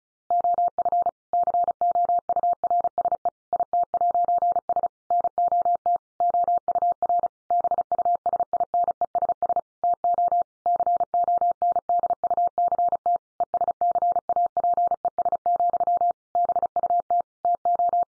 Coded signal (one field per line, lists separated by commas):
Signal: Morse code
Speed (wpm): 34 wpm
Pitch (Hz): 700 Hz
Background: none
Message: OF COURSE IT'S NOT OUR BUSINESS TO CONDUCT ESCAPES, BUT TO